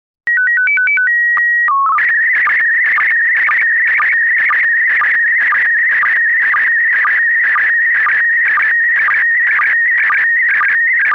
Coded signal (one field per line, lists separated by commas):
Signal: SSTV (slow-scan television)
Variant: PD 120